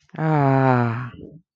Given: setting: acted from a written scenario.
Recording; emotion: vocal sound without words; disappointment